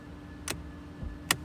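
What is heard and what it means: The trunk release is triggered on a 2005 Lexus LS430, and the trunk lid latch lets go with a loud, sharp click at 1.3 s, after a softer click at 0.5 s. The latch releases and the trunk pops open.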